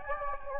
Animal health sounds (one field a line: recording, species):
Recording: mosquito wingbeat signal from an infrared sensor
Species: Anopheles gambiae